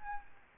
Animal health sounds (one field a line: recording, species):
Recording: mosquito wingbeat signal from an infrared sensor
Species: Aedes albopictus